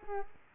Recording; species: mosquito wingbeat signal from an infrared sensor; Culex quinquefasciatus